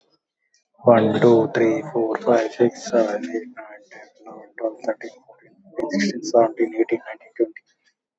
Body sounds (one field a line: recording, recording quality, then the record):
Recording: counting at a normal pace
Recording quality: excellent, no background noise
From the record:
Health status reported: exposed to COVID-19, no respiratory illness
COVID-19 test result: negative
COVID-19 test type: RT-PCR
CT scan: not taken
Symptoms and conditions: cough, cold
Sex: male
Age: 28 years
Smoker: no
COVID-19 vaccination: both doses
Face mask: worn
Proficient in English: yes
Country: India